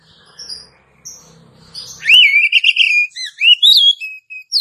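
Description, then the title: Oriental magpie-robin bursting into loud, fluty whistled song after a soft low hum, with wavering notes and sharp rising slurs repeated quickly. "Kacer"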